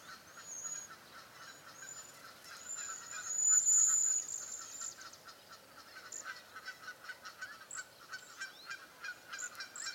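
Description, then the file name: Cedar waxwing high, thin lisping whistles repeated, one loud drawn-out note near the middle, with steady lower chattering and clicking underneath. "Bombycilla cedrorum - Cedar Waxwing"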